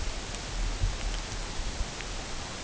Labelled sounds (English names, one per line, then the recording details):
none
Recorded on Arctic tundra, site UTQI-8, on 16 June 2019
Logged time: 00:00